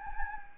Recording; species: mosquito wingbeat signal from an infrared sensor; Anopheles gambiae